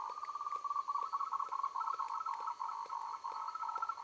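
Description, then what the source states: Frogs calling in a dense chorus, fast pulsed trilling notes running together, with regular clicking pulses twice a second in the background. Recorded on 3 March 2021 in the evening.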